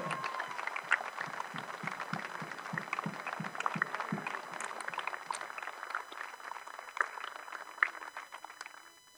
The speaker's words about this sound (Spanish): Y en la provincia de Buenos Aires votamos Victoria Tolosa Paz, primer diputada. ¡Fuerte el aplauso!